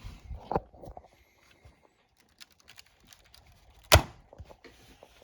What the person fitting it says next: Just like that, you hear the clicks,